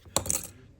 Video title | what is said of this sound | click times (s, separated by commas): iPhone 14 Pro Max Screen Replacement – Full Step-by-Step Repair Guide! | up, put pressure on until it clicks into place, and that's it. | 0.2 s